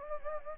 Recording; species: mosquito wingbeat signal from an infrared sensor; Anopheles gambiae